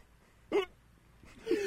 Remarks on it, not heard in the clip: Why are you hiccuping? I can't stop it!